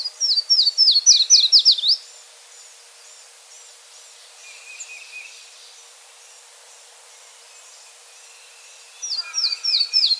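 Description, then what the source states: Yellow-throated warbler song: a quick run of slurred, sweet notes dropping slightly in pitch, given at the start and again near the end. Nominate subspecies Setophaga dominica dominica.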